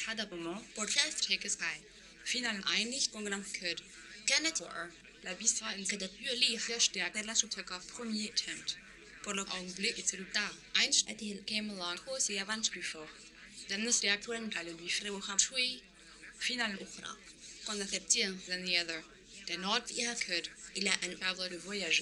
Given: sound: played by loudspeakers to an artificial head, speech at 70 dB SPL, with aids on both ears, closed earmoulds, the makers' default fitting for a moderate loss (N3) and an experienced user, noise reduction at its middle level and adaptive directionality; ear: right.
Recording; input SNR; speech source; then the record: speech test signal (ISTS) in cocktail-party noise; +9 dB; on the right (90 degrees)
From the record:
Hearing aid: class 1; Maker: H